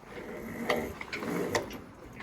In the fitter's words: if I wanted to lock it again then I do it in that direction I hear the click